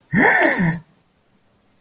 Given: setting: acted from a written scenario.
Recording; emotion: vocal sound without words; negative surprise